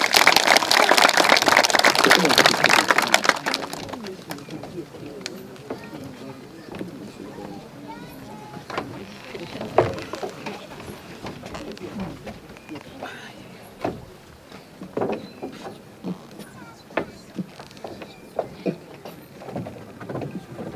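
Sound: audience applause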